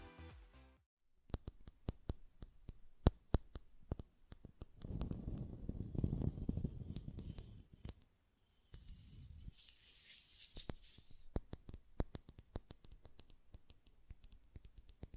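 Sharp clicks and taps from a glass perfume bottle and its lid come in uneven bursts through the clip, some in quick runs. A rough, low rubbing or scraping fills the middle stretch, around five to eight seconds, with a brief quiet gap just after.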